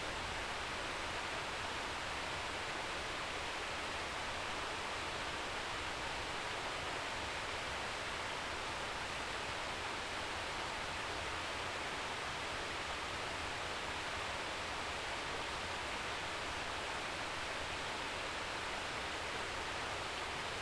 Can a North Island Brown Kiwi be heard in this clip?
no